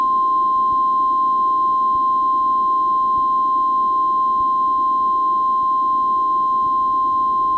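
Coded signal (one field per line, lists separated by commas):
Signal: Emergency Alert System (SAME) tones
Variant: 853 and 960 Hz attention tone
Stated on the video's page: Fictional EAS scenario for entertainment, using valid, loud SAME tones.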